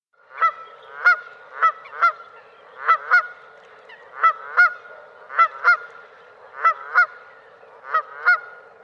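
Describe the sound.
Bird: steady run of nasal, goose-like honks given mostly in pairs, several doubled calls in quick succession.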